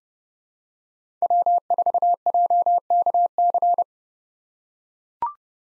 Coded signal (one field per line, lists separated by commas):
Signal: Morse code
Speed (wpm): 31 wpm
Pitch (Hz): 700 Hz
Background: none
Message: W4JKC